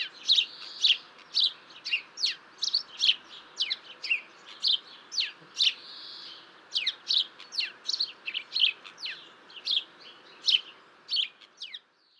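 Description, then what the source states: House sparrow giving a dense run of loud, clipped chirps, almost continuous, with a softer drawn-out note mid-way and a faint background hiss. Territorial 'tchip, tchiup' calls rather than a true song; species lives close to houses in town and countryside, often in noisy flocks feeding on crumbs and feeder seeds.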